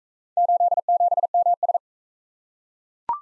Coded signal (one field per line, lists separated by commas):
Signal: Morse code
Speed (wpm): 40 wpm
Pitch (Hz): 700 Hz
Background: none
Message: 87MS